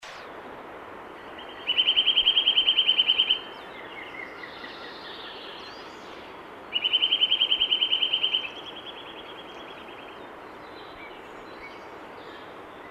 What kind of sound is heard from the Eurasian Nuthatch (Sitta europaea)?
song